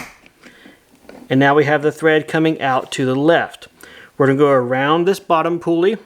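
A threaded metal bobbin case is pushed into the adapter of a digital tension gauge for an embroidery machine and clicks into place at 0.3 s. A few faint handling sounds follow before someone talks.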